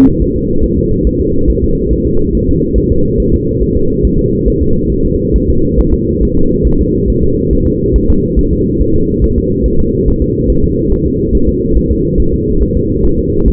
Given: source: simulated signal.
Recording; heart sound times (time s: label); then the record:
fetal heart sounds
0.22 s: S1
0.36 s: S2
0.64 s: S1
0.78 s: S2
1.07 s: S1
1.21 s: S2
1.50 s: S1
1.64 s: S2
1.93 s: S1
2.07 s: S2
2.35 s: S1
2.49 s: S2
2.78 s: S1
2.92 s: S2
3.20 s: S1
3.34 s: S2
3.62 s: S1
3.77 s: S2
4.05 s: S1
4.19 s: S2
4.48 s: S1
4.62 s: S2
4.92 s: S1
5.06 s: S2
5.36 s: S1
5.50 s: S2
5.80 s: S1
5.94 s: S2
6.23 s: S1
6.37 s: S2
6.67 s: S1
6.81 s: S2
7.10 s: S1
7.24 s: S2
7.53 s: S1
7.67 s: S2
7.96 s: S1
8.10 s: S2
8.39 s: S1
8.53 s: S2
8.81 s: S1
8.95 s: S2
9.24 s: S1
9.38 s: S2
9.66 s: S1
9.80 s: S2
10.08 s: S1
10.22 s: S2
10.50 s: S1
10.64 s: S2
10.93 s: S1
11.06 s: S2
11.35 s: S1
11.49 s: S2
11.77 s: S1
11.91 s: S2
12.20 s: S1
12.34 s: S2
12.62 s: S1
12.77 s: S2
13.05 s: S1
13.19 s: S2
13.48 s: S1
From the record:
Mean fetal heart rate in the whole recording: 140 bpm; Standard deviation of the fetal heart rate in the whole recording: 2 bpm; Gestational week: 34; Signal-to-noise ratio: -16.4 dB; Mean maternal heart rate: 72 bpm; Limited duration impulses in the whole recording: present